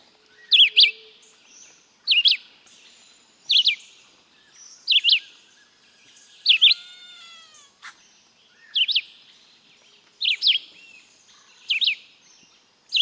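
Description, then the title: Red-eyed Vireo song: short, slurred, high whistled phrases, each a quick up-and-down burst, repeated every second or two, with a brief falling sound midway. Song used as a master recording for training pet birds. "LuckyPassaro Completos2Sama. Red-eyed Vireo (Vireo olivaceus)"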